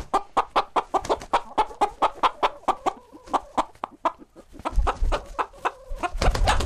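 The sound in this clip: Chicken clucking in a steady, rhythmic series of sharp notes, several per second, with soft drawn notes between and low rumbling thumps near the end.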